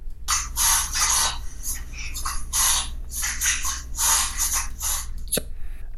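About eight rapid, harsh snorting bursts in six seconds, each a noisy pull of air through the nose. This is a reverse sneeze in a dog: forceful, repeated inhalations through the nostrils with the mouth closed, drawing air in rather than sneezing it out.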